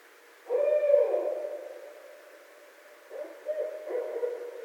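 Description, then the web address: Barred owl hooting: a loud, drawn-out hoot sliding downward, then a pause and several shorter hoots. Recorded on 29 February 2012. "Barred Owl 2012 02 29"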